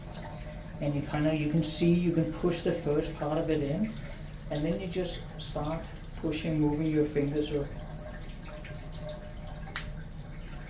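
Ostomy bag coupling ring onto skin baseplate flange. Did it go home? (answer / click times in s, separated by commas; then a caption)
yes / 9.8 s. The plastic coupling ring of a new ileostomy bag is pressed onto the flange of the skin baseplate, with fingers working around the ring while someone talks. After the talking stops, a short, sharp click at 9.8 s shows the ring has seated onto the flange.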